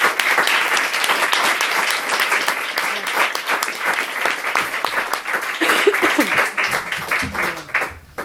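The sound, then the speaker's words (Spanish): Steady applause from an audience at a presentation of the book Stop Gordofobia, dense overlapping claps sustained at a fairly loud level for several seconds, with a few faint voices underneath as it tapers slightly toward the end. “Vale, un aplausito para todos.”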